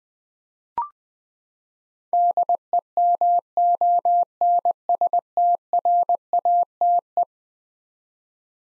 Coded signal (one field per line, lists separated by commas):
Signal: Morse code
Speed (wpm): 20 wpm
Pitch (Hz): 700 Hz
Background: none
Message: DEMONSTRATE